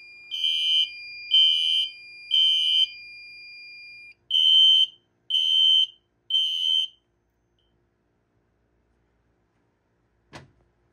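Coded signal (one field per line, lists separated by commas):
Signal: alarm pattern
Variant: fire alarm horn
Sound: two cycles of three loud high beeps with pauses, then one click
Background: quiet room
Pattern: temporal three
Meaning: Temporal-3 signal calls for evacuating the building due to fire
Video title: MS-9050UD Temporal 3 Horn Strobe Demo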